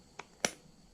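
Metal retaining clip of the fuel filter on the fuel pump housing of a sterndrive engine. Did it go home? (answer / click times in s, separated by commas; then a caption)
yes / 0.4 s. The metal wire retaining clip of a Mercruiser sterndrive marine engine's fuel filter, on the fuel pump housing, is hooked on one side, placed over the center, and pressed until it snaps into place on the other side. A faint tick at 0.2 seconds comes before a sharp snap at 0.5 seconds, and the clip is seated and secured on both sides.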